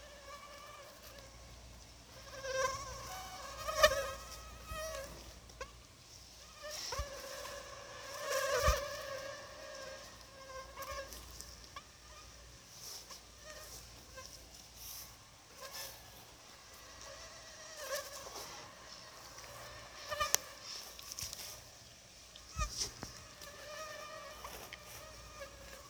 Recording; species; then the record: mosquito flight sound by mobile phone; Anopheles gambiae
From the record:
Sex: female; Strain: RSP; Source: CDC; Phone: Sony Xperia